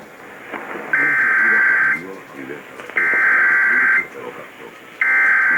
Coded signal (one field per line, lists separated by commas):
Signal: Emergency Alert System (SAME) tones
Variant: header bursts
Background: speech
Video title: WHAS COVERS THE TORs... EAS Alerts from 3/18/22 (EAS #6,585 - 6,589)